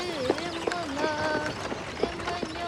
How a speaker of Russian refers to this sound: Рыжая лошадь бодрой рысцой везет по дороге телегу с вязанкой дров, мальчишку и мужика.